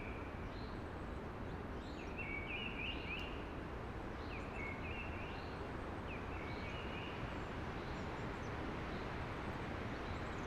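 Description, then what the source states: Eurasian blackbird singing several short phrases with gaps against a constant rushing noise. Sung early, among conifers with a hushing sound.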